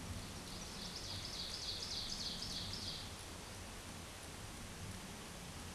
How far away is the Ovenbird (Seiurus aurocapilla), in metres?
about 40 m